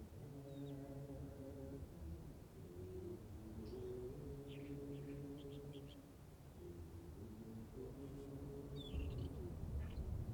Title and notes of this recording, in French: pays des 1000 vents - la Mongolie. Dans un même lieu, si peu d'arbres pour les stopper, les vents y passent qu'ils soient doux, légers, tonitruant.